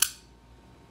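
The levers of an antique Yale 3-lever mortise lock drop back down onto the bolt into their resting position, visible through the window in the case, as the bolt is pulled out by hand. A single sharp, bright click lands at 0.0 s and fades within about 0.2 s into near silence, confirming the levers have seated.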